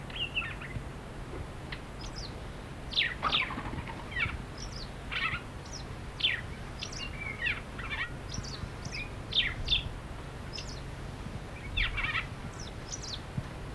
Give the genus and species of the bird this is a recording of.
Passer motitensis